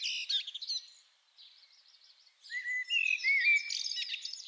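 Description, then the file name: Common blackbird song: a fluty phrase with a squeaky tail, quiet thin twitters, then another low whistled phrase ending in high chatter. "Turdus merula"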